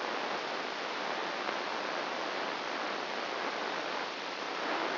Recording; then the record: brain microelectrode recording played as sound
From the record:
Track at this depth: inside the subthalamic nucleus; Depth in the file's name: 4.502 mm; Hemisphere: left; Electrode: 1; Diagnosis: Parkinson's disease